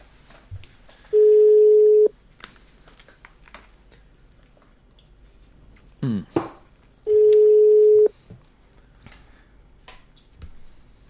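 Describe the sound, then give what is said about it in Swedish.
Two long, steady ringback tones about a second each with a pause between, as a phone call is placed to a man, a rock musician, with faint keyboard-like clicks and a brief rustle in between. “Vi ringer Karn i fråga.”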